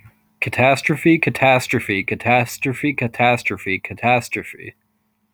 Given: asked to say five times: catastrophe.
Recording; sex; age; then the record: repeated word; male; 30 to 39 years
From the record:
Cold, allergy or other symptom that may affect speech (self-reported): no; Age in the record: 39 years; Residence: Pennsylvania, United States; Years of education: 16